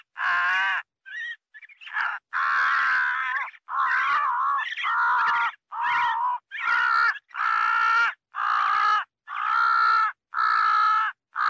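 Crow giving a run of hoarse, drawn-out caws with a few short broken notes early on, then regular loud caws about once a second.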